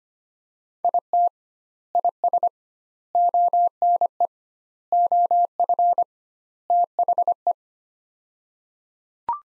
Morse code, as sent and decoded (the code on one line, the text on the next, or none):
.. - / .. ... / --- -. . / --- ..-. / - .... .
IT IS ONE OF THE